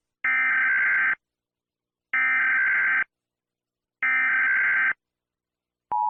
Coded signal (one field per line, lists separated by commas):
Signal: Emergency Alert System (SAME) tones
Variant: header bursts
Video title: EAS Scenario - The Great Earthquake (Part 4)